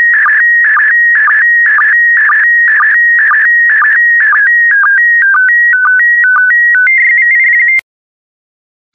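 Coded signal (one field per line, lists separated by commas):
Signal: SSTV (slow-scan television)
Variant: PD120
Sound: warbling pure tone jumping between high and low pitches, then stepped beeps, ending abruptly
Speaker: Starting transmission in 5, 4, 3, 2, 1. Transmission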